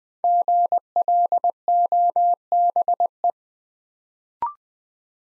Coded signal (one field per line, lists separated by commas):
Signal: Morse code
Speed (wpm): 20 wpm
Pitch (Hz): 700 Hz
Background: none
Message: GLOBE